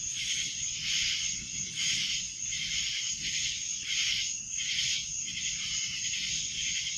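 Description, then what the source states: Cicadas buzzing together in a steady high drone, pulsing louder and softer about once a second throughout. Recorded in Annapolis in July 2012; several cicadas.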